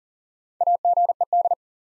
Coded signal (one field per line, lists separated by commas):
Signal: Morse code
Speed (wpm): 42 wpm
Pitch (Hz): 700 Hz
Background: none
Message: AGED